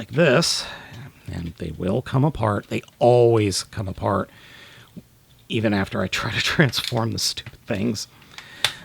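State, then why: Seated. Someone talks while handling the plastic legs of a transforming toy jet, which keep coming apart. The legs are pushed together and snap into place with a sharp click at 8.7 s, just after a small tick at 8.4 s.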